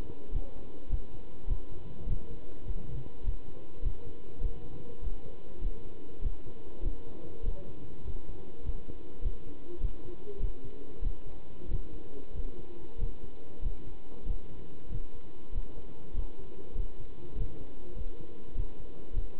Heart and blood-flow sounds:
heart sounds by stethoscope; between the tricuspid and mitral areas; 99 bpm
0.32 s: heartbeat
0.90 s: heartbeat
1.48 s: heartbeat
2.07 s: heartbeat
2.65 s: heartbeat
3.24 s: heartbeat
3.83 s: heartbeat
4.41 s: heartbeat
5.02 s: heartbeat
5.62 s: heartbeat
6.22 s: heartbeat
6.83 s: heartbeat
7.44 s: heartbeat
8.04 s: heartbeat
8.64 s: heartbeat
9.23 s: heartbeat
9.81 s: heartbeat
10.40 s: heartbeat
11.03 s: heartbeat
11.69 s: heartbeat
12.34 s: heartbeat
12.99 s: heartbeat
13.63 s: heartbeat
14.26 s: heartbeat
14.90 s: heartbeat
15.53 s: heartbeat
16.15 s: heartbeat
16.76 s: heartbeat
17.36 s: heartbeat
17.96 s: heartbeat
18.55 s: heartbeat
19.14 s: heartbeat
From the record:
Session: pedaling a stationary bicycle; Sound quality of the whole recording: good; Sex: male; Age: 27 years

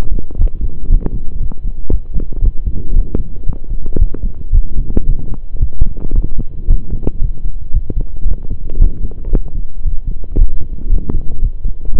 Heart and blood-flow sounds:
heart sounds by stethoscope; between the tricuspid and mitral areas; 114 bpm
0.39 s: heartbeat
0.90 s: heartbeat
1.41 s: heartbeat
1.91 s: heartbeat
2.43 s: heartbeat
2.95 s: heartbeat
3.47 s: heartbeat
3.99 s: heartbeat
4.53 s: heartbeat
5.07 s: heartbeat
5.60 s: heartbeat
6.14 s: heartbeat
6.69 s: heartbeat
7.22 s: heartbeat
7.74 s: heartbeat
8.28 s: heartbeat
8.80 s: heartbeat
9.33 s: heartbeat
9.85 s: heartbeat
10.38 s: heartbeat
10.91 s: heartbeat
11.42 s: heartbeat
11.94 s: heartbeat
From the record:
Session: pedaling a stationary bicycle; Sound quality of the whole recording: saturated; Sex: male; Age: 23 years

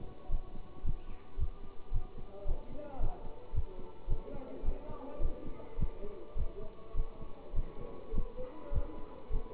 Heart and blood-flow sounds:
heart sounds by stethoscope; between the tricuspid and mitral areas; 107 bpm
0.29 s: heartbeat
0.83 s: heartbeat
1.37 s: heartbeat
1.91 s: heartbeat
2.45 s: heartbeat
2.99 s: heartbeat
3.53 s: heartbeat
4.08 s: heartbeat
4.63 s: heartbeat
5.20 s: heartbeat
5.77 s: heartbeat
6.35 s: heartbeat
6.94 s: heartbeat
7.53 s: heartbeat
8.12 s: heartbeat
8.71 s: heartbeat
9.30 s: heartbeat
From the record:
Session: pedaling a stationary bicycle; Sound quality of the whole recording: good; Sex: male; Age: 27 years

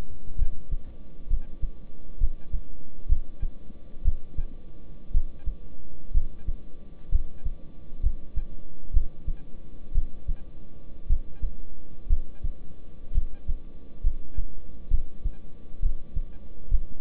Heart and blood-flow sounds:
heart sounds by stethoscope; between the tricuspid and mitral areas; 62 bpm
0.39 s: heartbeat
1.30 s: heartbeat
2.21 s: heartbeat
3.09 s: heartbeat
4.05 s: heartbeat
5.14 s: heartbeat
6.14 s: heartbeat
7.12 s: heartbeat
8.03 s: heartbeat
8.94 s: heartbeat
9.95 s: heartbeat
11.09 s: heartbeat
12.10 s: heartbeat
13.15 s: heartbeat
14.04 s: heartbeat
14.91 s: heartbeat
15.83 s: heartbeat
16.71 s: heartbeat
From the record:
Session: rest, lying down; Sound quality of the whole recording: good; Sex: male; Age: 26 years

